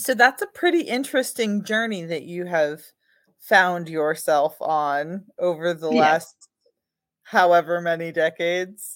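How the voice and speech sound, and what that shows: A woman speaks fluently with clear, steady voicing and natural pauses: an ordinary, healthy-sounding voice.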